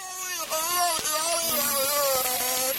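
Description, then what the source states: Beluga whale making a human-like voiced sound, a wavering harmonic tone like a kazoo or someone singing, over a steady background hiss. Captive male beluga at a Navy research lab in San Diego; thought to be imitating the human voice; sounds like a kazoo in the rain or someone singing.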